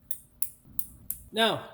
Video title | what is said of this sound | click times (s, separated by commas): 2016 Honda Civic - Spark Plug Replacement - 2 L 4 Cylinder Engine | Listen for the wonderful click. | 0.1 s, 0.4 s, 0.8 s, 1.1 s